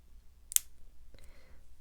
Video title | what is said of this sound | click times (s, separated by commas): How To Refill Fountain Pens for Beginners | you'll hear usually a little click and | 0.6 s